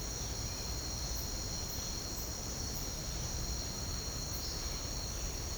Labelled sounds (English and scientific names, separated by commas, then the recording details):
none
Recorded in secondary vegetation near Puerto Asís, Putumayo, Colombia, on 13 March 2025 at 07:30
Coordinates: 0.498, -76.327
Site G001